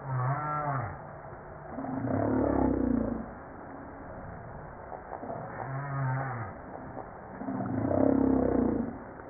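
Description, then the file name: Humpback whale song: deep arching moans alternating with groaning units, with rich harmonics. Recorded on 5 March 1994. "Baleine a bosse 940305-1022"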